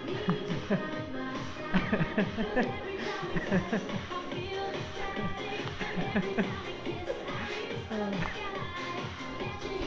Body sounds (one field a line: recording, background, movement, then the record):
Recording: laughter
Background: music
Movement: sitting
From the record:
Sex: male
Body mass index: 20.5 kg/m2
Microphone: on the chest, facing outward